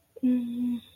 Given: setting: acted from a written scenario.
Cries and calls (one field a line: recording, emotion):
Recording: vocal sound without words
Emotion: embarrassment